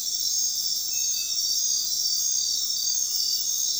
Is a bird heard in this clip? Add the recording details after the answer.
no. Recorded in dense forest near Puerto Asís, Putumayo, Colombia, on 21 February 2024 at 01:00. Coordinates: 0.466, -76.327. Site G6413